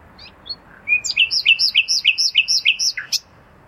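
Common nightingale song phrase: a few thin introductory notes, then a rapid series of several loud, repeated rich chirps, ending with a sharp high note.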